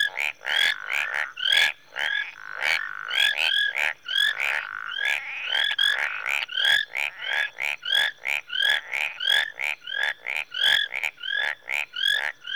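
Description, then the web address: Many tree frogs calling together, quick clicking pulses and rising whistled notes packed tightly in a busy near-continuous chorus. Several tree frogs calling in a marsh in Rwanda, Africa, in early evening. "Sound Effects Library-30 (Africa- The Natural World) 08 Rwanda- Marsh Tree Frogs, early evening"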